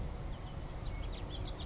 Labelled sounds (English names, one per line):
House Finch